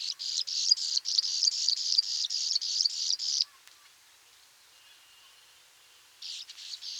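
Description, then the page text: Graceful prinia song: a fast run of buzzy, high chirping notes for about three and a half seconds, a pause, then the series starts again. "Graceful Prinia Song. Quick Sounds"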